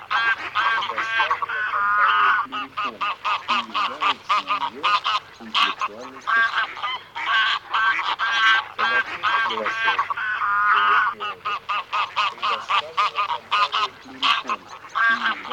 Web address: Гусь серый Oca Selvatica